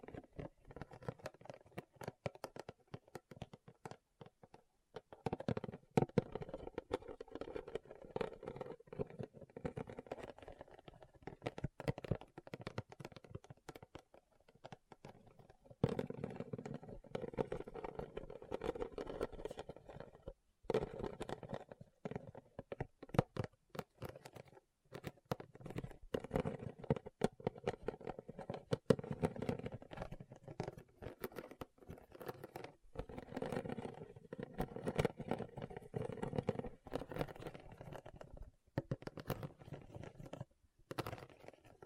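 Rhinestones are tapped and scratched in a dense, rapid patter that runs nearly the whole time, with a full, mid-low body and crisp clicking edges. The pace swells and eases in waves, briefly thinning near 5, 15 and 20 seconds.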